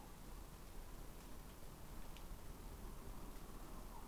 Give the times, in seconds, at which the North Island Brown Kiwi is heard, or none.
none